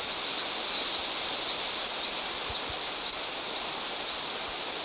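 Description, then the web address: Lanceolated monklet song: thin, high, upslurred whistles repeated about twice a second, steady and evenly spaced over a soft background hiss. Two birds singing; eastern lowlands of South America. "Natures Songs S America Eastern Lowlands. Micromonacha lanceolata, songs 2 birds"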